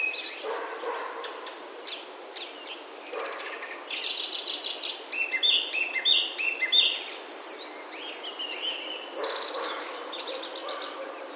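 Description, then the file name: Japanese thrush song: a few sharp, high whistled notes repeated in the middle, amid busy chirping and a steady background hiss. "kurotsu"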